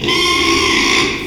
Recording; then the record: squeal of a Yucatan mini pig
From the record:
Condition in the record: after surgery on the right vocal fold (resection and tissue-engineered implant); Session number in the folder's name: 1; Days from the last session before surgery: 6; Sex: male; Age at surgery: 12 weeks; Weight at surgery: 13 kg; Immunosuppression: cyclosporine, prednisolone